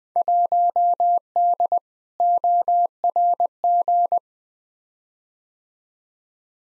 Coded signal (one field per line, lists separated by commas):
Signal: Morse code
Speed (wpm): 20 wpm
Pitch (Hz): 700 Hz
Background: none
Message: 1D ORG